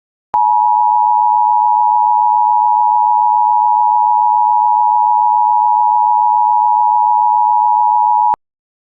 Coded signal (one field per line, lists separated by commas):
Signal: Emergency Alert System (SAME) tones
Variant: 853 and 960 Hz attention tone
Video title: [IPAWS EAS Archive] Pinal, AZ Civil Emergency Message (08/15/21)